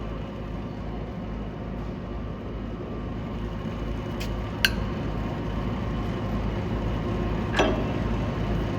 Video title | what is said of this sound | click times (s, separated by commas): WMW (Germany) GFL-400 Thread Milling Machine - 3000 mm Length of Job | वो lock हो गया बाहर वाली प्लेट एंड वर्क हेड की रोटेशन फिर से स्टार्ट हो गई। | 4.7 s